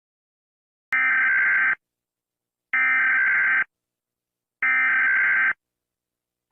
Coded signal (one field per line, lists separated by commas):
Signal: Emergency Alert System (SAME) tones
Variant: header bursts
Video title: Rating eas alarms with my hater P2(NEW CLIPS)